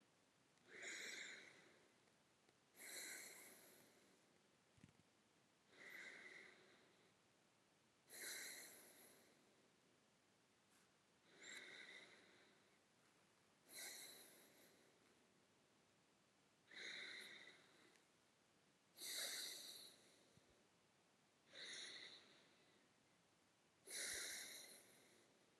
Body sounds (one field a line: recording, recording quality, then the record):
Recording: deep breathing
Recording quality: excellent, no background noise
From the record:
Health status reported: healthy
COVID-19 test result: negative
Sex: male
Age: 24 years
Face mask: not worn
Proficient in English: yes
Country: India